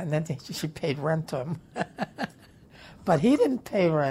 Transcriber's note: laughs